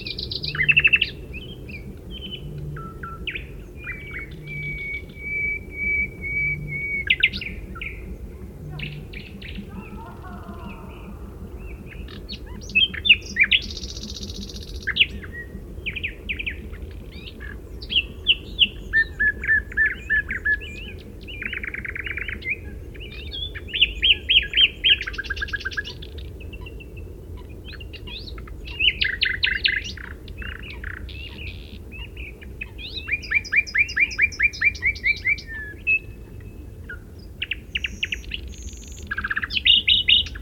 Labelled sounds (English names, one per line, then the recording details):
Common Nightingale song
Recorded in the wild
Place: Retgendorf, Mecklenburg-Vorpommern, DE
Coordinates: 53.729, 11.504
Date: 1972-06-13 21:00
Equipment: Nagra III BH, Sennheiser MD 21, parabola
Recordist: Schubert, Michael